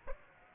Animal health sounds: mosquito wingbeat signal from an infrared sensor; Aedes aegypti

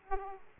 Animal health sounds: mosquito wingbeat signal from an infrared sensor; Aedes aegypti

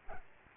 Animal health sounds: mosquito wingbeat signal from an infrared sensor; Aedes albopictus

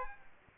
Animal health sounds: mosquito wingbeat signal from an infrared sensor; Aedes aegypti

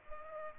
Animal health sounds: mosquito wingbeat signal from an infrared sensor; Culex pipiens

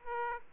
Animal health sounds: mosquito wingbeat signal from an infrared sensor; Aedes aegypti

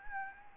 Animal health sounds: mosquito wingbeat signal from an infrared sensor; Anopheles gambiae

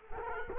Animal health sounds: mosquito wingbeat signal from an infrared sensor; Culex quinquefasciatus

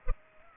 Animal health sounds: mosquito wingbeat signal from an infrared sensor; Culex pipiens

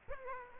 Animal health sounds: mosquito wingbeat signal from an infrared sensor; Aedes aegypti

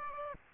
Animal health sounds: mosquito wingbeat signal from an infrared sensor; Aedes aegypti

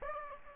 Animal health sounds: mosquito wingbeat signal from an infrared sensor; Aedes aegypti

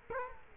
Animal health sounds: mosquito wingbeat signal from an infrared sensor; Culex quinquefasciatus

